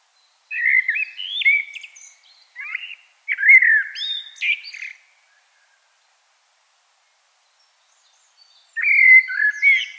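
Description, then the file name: Common blackbird song: clear fluting phrases with scratchy high endings, a silent stretch, then another melodious phrase begins. "Turdus merula"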